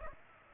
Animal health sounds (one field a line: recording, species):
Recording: mosquito wingbeat signal from an infrared sensor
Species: Aedes aegypti